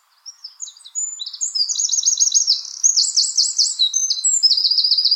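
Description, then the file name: Eurasian wren song, rising into a loud continuous stream of high rapid trills and twittering notes, changing pace from phrase to phrase. "Troglodytes troglodytes"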